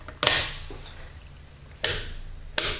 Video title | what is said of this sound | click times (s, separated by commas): How To: Use a Torque Wrench | that's what the clicking mechanism does you hear the click and it tells you that you reach the right torque on your nut okay | 1.8 s, 2.6 s